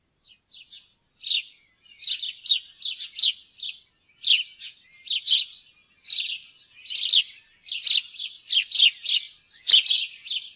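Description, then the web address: House sparrow chirps: a few faint notes at first, then loud, scratchy chirps repeated in uneven clusters through the rest. "fuglelyder- graaspurv"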